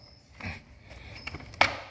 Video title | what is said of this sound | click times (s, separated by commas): CRUZE FALHANDO SAINDO FUMAÇA NA DESCARGA COMO RESOLVER | Devagarzinho de um lado do outro. Até travar a trava. | 1.6 s